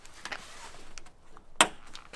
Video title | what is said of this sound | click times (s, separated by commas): Class B RV Living at Yellowstone National Park - First Come First Serve Camping | it just kind of snaps right into place. | 1.6 s